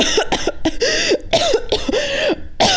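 A rapid run of harsh, voiced coughing bursts, from a woman gagging on her own spit after laughing.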